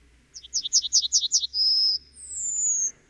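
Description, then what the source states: Yellowhammer song: a quick run of high chipping notes, then a drawn-out thin whistle, followed by a higher, slightly falling long note. Example of the repeater song group: a short phrase, a pause, then the phrase repeated; German mnemonic 'ich hab dich lieb'.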